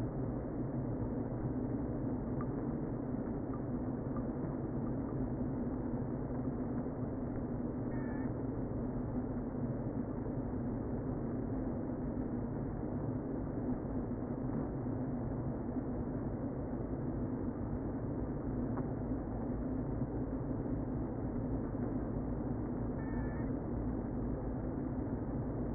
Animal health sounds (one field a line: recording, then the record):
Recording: honeybee colony, microphone inside the hive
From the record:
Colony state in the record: queen present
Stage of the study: before two queens were removed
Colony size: about 60,000 bees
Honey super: yes